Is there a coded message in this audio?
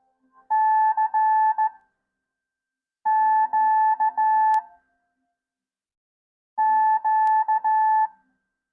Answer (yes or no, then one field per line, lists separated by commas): yes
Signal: Morse code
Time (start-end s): 0.5-8.1 s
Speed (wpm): 15 wpm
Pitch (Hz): 870 Hz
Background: none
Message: CQ Q